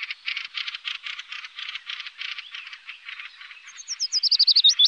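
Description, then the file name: Fieldfare producing a rapid buzzy chatter of about four notes a second, ending in high, squeaky zigzag notes. "Bjorktrast"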